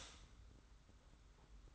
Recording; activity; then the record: daily activity, microphone in the room; stop toaster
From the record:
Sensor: 3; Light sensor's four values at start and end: 41/118/48/42 and 41/118/48/42